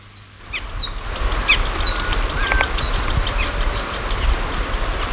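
Bird calls: short chirps and thin whistled notes over steady low background noise.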